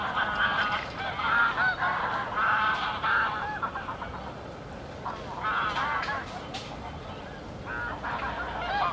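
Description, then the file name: Goose: geese give nasal honks in quick uneven series, loudest at the start, quieter stretch in the middle, then more honking toward the end. Recorded at the Łężczok nature reserve. "rezerwat lezczok gesi i labedzie i spadajace zoledzie"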